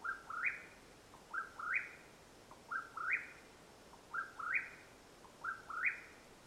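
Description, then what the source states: Mexican whip-poor-will repeating its burry, rising three-note whistle five times at an even pace, with faint steady background noise. Calling at nightfall in Madera Canyon, Arizona, USA, 21 April 2022.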